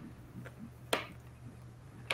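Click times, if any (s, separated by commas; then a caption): 0.9 s, 2.1 s. A removable part, likely the wing panel, is slid by feel into the fuselage of an E-flite DRACO foam RC airplane. After a faint tick near 0.5 s, two sharp clicks ring out at 0.9 s and 2.1 s as the part snaps into place. The part is seated.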